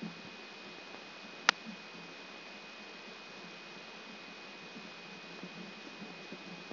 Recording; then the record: brain microelectrode recording played as sound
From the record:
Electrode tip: outside the subthalamic nucleus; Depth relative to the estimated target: -8 mm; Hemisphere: left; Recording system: AlphaMap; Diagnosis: Parkinson's disease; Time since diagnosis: 19 years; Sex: male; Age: 59 years